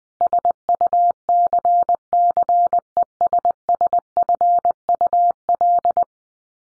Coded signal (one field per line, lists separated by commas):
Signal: Morse code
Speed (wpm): 20 wpm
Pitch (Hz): 700 Hz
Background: none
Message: SUCCESSFUL